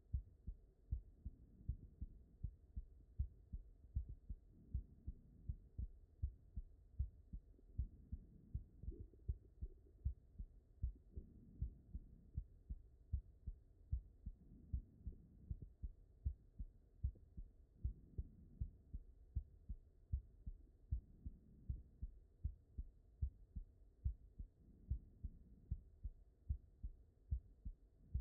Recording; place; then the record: heart sounds by stethoscope; mitral valve (MV)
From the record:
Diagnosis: non-HFrEF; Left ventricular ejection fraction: 78%